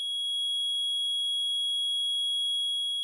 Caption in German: Ein Tinnitus mit einer Frequenz von 3300 Hertz.